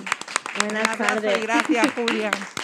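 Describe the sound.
Audience applause with scattered, uneven claps rising over voices calling out and cheering, lasting a few seconds at moderate loudness.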